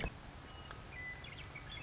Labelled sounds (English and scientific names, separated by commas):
Western Meadowlark (Sturnella neglecta)